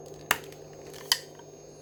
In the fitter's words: There we go. That just clicks right in.